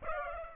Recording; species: mosquito wingbeat signal from an infrared sensor; Aedes aegypti